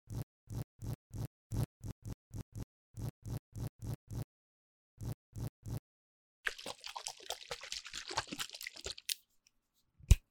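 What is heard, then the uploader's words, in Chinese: Quick makeup application: a steady run of soft, evenly spaced pats for about four seconds, a brief pause, then three more. Around the sixth second comes a dense, bright scratchy brushing that lasts a few seconds, followed by quiet and one sharp click near the end. 10分鐘快速上妝。Doing Your Makeup in 10 Minutes | NO Talking。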